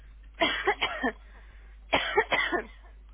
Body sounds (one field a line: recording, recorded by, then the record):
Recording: voluntary cough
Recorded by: telephone call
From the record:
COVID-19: negative